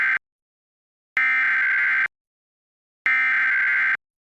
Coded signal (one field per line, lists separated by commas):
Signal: Emergency Alert System (SAME) tones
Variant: header bursts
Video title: [FOUND] Lenoir County, NC AMBER Alert on WCCB-TV 18.1 | EAS #460 (12/2/2024)